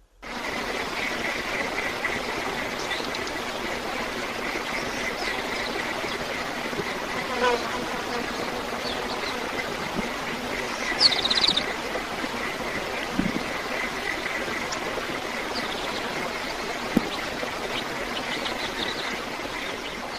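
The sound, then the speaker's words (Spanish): A mysterious low hum recorded in the town of Taos, New Mexico, drones on steadily beneath a constant hissing wash of noise, unchanging for the whole stretch, with only a few faint clicks and bumps and no talking. “También emitimos esa noche otro ruido parecido que se escuchaba en Nuevo México, en el pueblo de Taos.”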